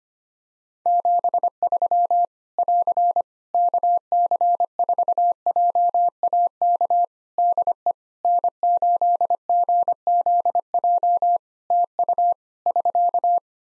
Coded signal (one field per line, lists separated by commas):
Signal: Morse code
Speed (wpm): 25 wpm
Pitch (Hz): 700 Hz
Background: none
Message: 73 <AR> KC4JAK DE N8GZJ TU <SK>